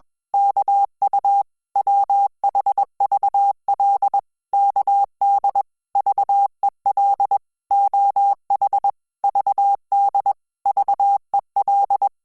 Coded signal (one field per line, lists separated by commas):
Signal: Morse code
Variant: Korean alphabet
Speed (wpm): 21 wpm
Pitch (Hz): 800 Hz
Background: none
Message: 이 붉 으 락 푸 르 락